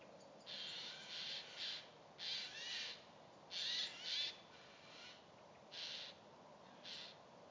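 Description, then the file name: Eurasian jay giving harsh, rasping screeches in uneven bursts, some doubled, repeated several times over several seconds with brief pauses between. "Garrulus glandarius"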